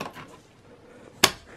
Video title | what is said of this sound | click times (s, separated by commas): Dell Optiplex 7010 USFF Upgrade Memory SSD Drive | when you stole the memory properly gonna hear two clicks and the | 1.2 s